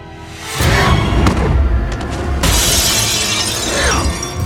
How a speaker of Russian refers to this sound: Вижн оглядывает Мстителей и бросается на Тора. Тор швыряет его в стеклянную стену.